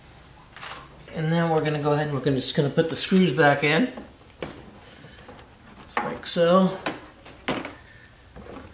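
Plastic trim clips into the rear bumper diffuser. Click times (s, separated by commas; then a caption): 7.5 s. Someone talks while plastic trim clips are pushed back into place on the rear bumper diffuser area of a car. A short, sharp snap is heard at 7.5 seconds as the clips seat back into place.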